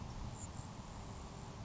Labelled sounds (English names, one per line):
Grasshopper Sparrow